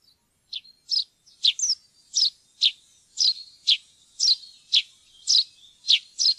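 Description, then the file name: Eurasian tree sparrow chirping: short, clipped tweets repeated steadily, a few run together in quick pairs. "pilfink"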